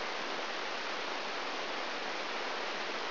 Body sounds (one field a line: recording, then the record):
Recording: brain microelectrode recording played as sound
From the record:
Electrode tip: outside the subthalamic nucleus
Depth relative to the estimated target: 4.5 mm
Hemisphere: right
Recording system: AlphaMap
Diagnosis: Parkinson's disease